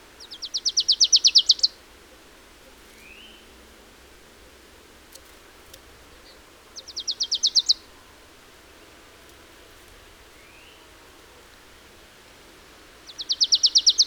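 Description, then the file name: Marsh tit repeating quick bursts of high, downslurred notes three times, several seconds apart, with faint soft calls and ticks between them. "Poecile palustris"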